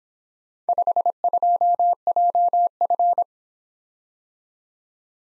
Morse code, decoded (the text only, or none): 52JF